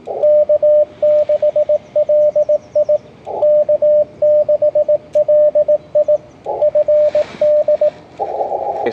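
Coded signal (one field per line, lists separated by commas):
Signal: Morse code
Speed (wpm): 18 wpm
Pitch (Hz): 600 Hz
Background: radio noise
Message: K6LI K6LI FD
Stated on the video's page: Morse heard at amateur radio Field Day stations.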